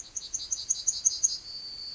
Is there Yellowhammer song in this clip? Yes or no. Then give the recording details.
yes. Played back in forest. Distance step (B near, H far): D. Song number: 135